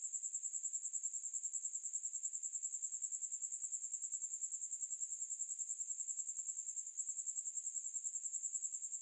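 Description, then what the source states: Cricket buzzing, a steady high-pitched trill pulsing rapidly and evenly throughout, with one brief slight dip near the seven-second mark. Buzzing at night.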